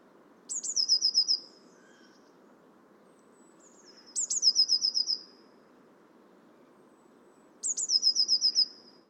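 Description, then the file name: Eurasian blue tit: three bursts of rapid high, slightly descending notes, each lasting about a second and repeated roughly every three and a half seconds. "Cyanistes caeruleus"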